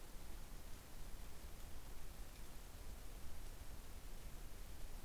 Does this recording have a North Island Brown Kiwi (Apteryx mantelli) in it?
no